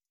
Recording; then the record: hydrophone in a shrimp aquaculture tank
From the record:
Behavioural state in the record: starved